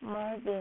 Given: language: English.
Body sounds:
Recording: throat vibration sensor signal played as sound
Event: speech

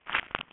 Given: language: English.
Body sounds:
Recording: throat vibration sensor signal played as sound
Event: swallow

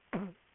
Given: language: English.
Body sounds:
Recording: throat vibration sensor signal played as sound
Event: throat clearing

